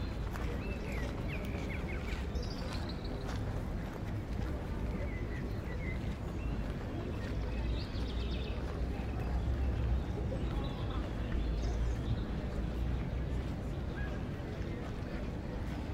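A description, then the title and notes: Ambience in a city park, dominated by a steady low rumble of traffic that never lets up. Faint voices murmur, and thin bird chirps break through now and then, around the second, fifth and eighth seconds. City Park: Soundscape for Sleep.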